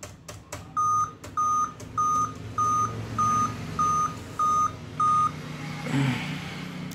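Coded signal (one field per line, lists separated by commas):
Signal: beep code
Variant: Dell laptop BIOS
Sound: eight short steady mid-pitched beeps evenly spaced, after some clicks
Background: clicks and room noise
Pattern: 8 short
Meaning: Eight beeps indicate a display (LCD) failure, so no picture appears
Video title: DELL LAPTOP 8 BEEP SOUND #DELL 2520 8 BEED SOUND# EIGHT BEEP SOUND #DELL 2520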